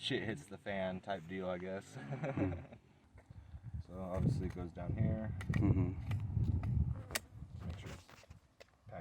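Someone talks, then a pistol magazine is pushed up into the grip's magazine well all the way until it latches, with a sharp click at 7.2 s and a few softer handling taps after. The magazine is seated and the click is confirmed as heard, with no round chambered yet.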